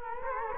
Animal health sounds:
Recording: mosquito wingbeat signal from an infrared sensor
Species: Culex quinquefasciatus

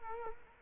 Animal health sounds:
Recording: mosquito wingbeat signal from an infrared sensor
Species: Culex quinquefasciatus

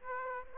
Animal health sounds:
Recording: mosquito wingbeat signal from an infrared sensor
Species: Aedes aegypti

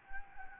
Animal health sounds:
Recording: mosquito wingbeat signal from an infrared sensor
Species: Anopheles gambiae

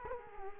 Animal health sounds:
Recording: mosquito wingbeat signal from an infrared sensor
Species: Culex quinquefasciatus

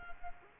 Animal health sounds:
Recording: mosquito wingbeat signal from an infrared sensor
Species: Culex quinquefasciatus

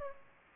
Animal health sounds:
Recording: mosquito wingbeat signal from an infrared sensor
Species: Culex pipiens

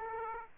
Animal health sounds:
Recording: mosquito wingbeat signal from an infrared sensor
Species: Aedes aegypti

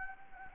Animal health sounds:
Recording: mosquito wingbeat signal from an infrared sensor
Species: Anopheles gambiae

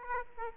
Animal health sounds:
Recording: mosquito wingbeat signal from an infrared sensor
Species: Aedes aegypti

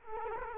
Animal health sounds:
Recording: mosquito wingbeat signal from an infrared sensor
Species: Culex quinquefasciatus

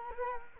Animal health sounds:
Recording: mosquito wingbeat signal from an infrared sensor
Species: Culex quinquefasciatus

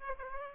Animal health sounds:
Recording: mosquito wingbeat signal from an infrared sensor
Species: Aedes aegypti

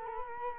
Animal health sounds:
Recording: mosquito wingbeat signal from an infrared sensor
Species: Culex quinquefasciatus

